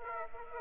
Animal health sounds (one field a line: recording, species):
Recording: mosquito wingbeat signal from an infrared sensor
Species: Aedes aegypti